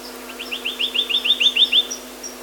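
Reunion cuckooshrike giving a fast series of short rising notes, with thin high chirps in the background.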